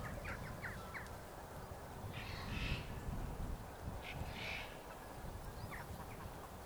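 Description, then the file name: Eurasian jay, two harsh rasping screeches a couple of seconds apart, with a few short sharp notes before them, all over a low, rough background rumble. "Garrulus glandarius"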